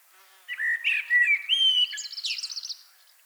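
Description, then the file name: Common blackbird singing a mellow fluted phrase that rises in steps and breaks into a thin, scratchy high-pitched twittering flourish. "Turdus merula"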